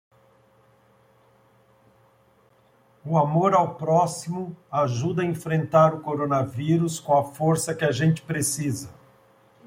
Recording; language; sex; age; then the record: spoken sentence; Brazilian Portuguese; male; 50 to 59 years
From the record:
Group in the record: control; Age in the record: 57 years